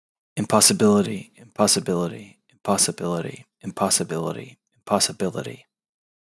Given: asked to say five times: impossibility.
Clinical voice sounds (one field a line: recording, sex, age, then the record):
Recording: repeated word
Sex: male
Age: 30 to 39 years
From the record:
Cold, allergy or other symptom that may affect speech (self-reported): no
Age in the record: 33 years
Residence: Virginia, United States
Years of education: 18